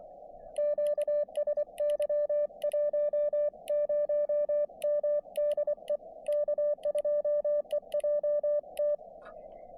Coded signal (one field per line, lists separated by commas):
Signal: Morse code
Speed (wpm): 24 wpm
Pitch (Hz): 590 Hz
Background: radio noise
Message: QSY 10M DE K2EJT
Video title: POTA from Beebe Hill Fire Tower